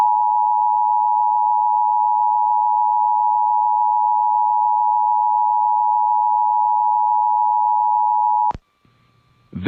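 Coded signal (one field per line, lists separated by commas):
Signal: Emergency Alert System (SAME) tones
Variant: 853 and 960 Hz attention tone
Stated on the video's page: Monthly test heard on three FM stations in sequence, last one only end-of-message.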